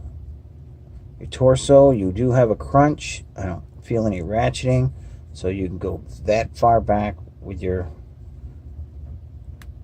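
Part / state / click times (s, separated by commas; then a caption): action figure torso ab-crunch joint / seated / 9.6 s. Someone talks over a plastic Toybiz Marvel Legends Green Goblin action figure from the Onslaught series while bending its torso ab-crunch joint back. A single short, sharp click comes at 9.6 s as the joint locks into place.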